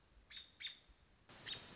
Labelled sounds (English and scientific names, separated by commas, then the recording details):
American Robin (Turdus migratorius)
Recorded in Sonoma County, California